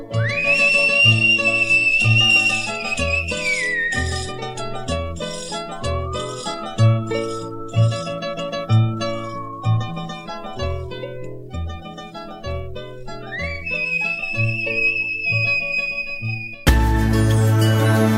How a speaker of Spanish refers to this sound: La isla de La Gomera tiene un secreto consigo, es la única en el mundo que habla con el silbido.